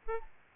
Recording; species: mosquito wingbeat signal from an infrared sensor; Aedes albopictus